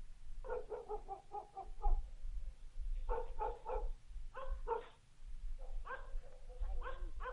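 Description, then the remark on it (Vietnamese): A dog barks at night in quick clusters of short, yappy, mid-pitched barks, four bursts separated by brief pauses, over a steady low rumbling background. “Đầu đó ho có tiếng chó cắn ma cứ nhấm nhẳng vang lên trong đêm tối.”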